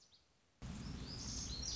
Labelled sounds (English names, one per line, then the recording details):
Lazuli Bunting
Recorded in Sonoma County, California